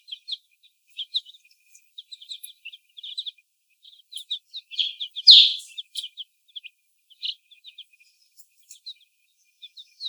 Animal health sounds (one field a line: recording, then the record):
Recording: young laying hens in a cage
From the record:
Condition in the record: before the stressor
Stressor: sudden umbrella opening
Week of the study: 1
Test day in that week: 1